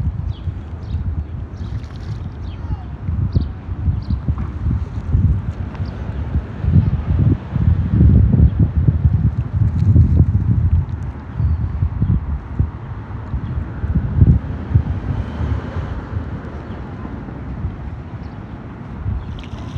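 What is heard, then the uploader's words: A walk along a canal, filled with low, uneven thumps and rumbling that swell between about 6 and 11 seconds and again near 14 seconds. A soft steady hiss runs underneath, with occasional faint high ticks and chirps early on. A Walk on the Canal. The sun was shining, there was a nice crisp breeze. The bird symphony that seemed to be skipping across the water.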